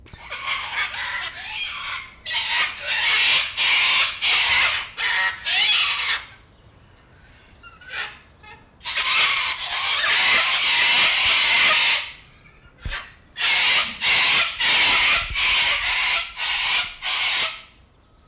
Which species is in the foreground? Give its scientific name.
Cacatua galerita